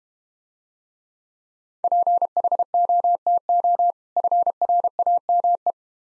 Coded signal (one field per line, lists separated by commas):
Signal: Morse code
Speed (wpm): 32 wpm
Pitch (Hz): 700 Hz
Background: none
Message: PHOTO FRAME